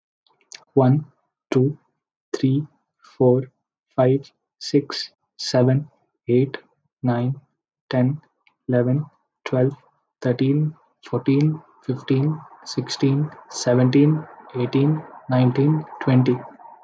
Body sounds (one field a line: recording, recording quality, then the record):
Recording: counting at a normal pace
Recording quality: excellent, no background noise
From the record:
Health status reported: healthy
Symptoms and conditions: none ticked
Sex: male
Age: 25 years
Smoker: not ticked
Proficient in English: yes